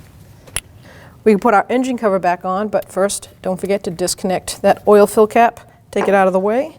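The white plastic connector position assurance (CPA) lock tab on the electrical connector of an exhaust variable valve timing solenoid on a 2016–2025 Chevrolet Malibu 1.5L L4 is pushed down by hand. It locks with one loud, sharp click at 0.6 s, seating the tab. Someone then talks for the rest of the clip.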